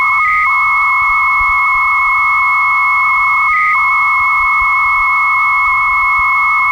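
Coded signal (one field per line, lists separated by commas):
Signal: 300-baud modem data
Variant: Bell 103 300 baud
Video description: Deux modems qui communiquent entre eux à 300bps pour transférer un fichier de 5ko.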